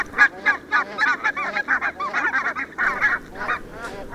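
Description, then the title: Barnacle goose giving rapid, yapping honks, about four short nasal calls per second in an uneven run. "vogel der woche. Nonnengans"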